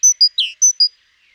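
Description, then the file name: Great tit call: a short burst of five sharp high notes, clipped whistles alternating with one lower, descending buzzy note, then quiet. "Parus major"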